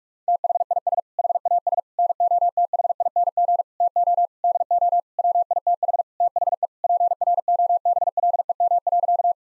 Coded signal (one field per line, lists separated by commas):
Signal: Morse code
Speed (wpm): 48 wpm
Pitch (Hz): 700 Hz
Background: none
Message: THIS HAS NOTHING TO DO WITH THE PROBLEM.